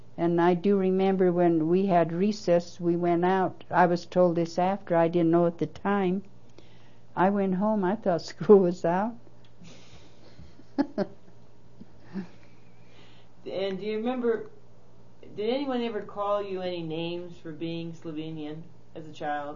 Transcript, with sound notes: and I do remember when we had recess we went out - I was told this after - I didn't know at the time - I went home. I thought school was out (laughs)
And do you remember - did anyone ever call you any names for being Slovenian as a child?